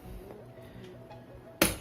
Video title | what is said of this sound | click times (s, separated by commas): INDIA'S FIRST SLEEPER PC BUILD - FRANKENSTEIN TECH | and we'll push it down till the click sound comes, and we'll secure the pins | 1.6 s